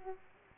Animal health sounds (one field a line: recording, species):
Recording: mosquito wingbeat signal from an infrared sensor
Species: Aedes aegypti